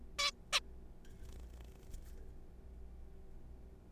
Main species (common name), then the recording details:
Zebra Finch. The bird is a juvenile. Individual R3428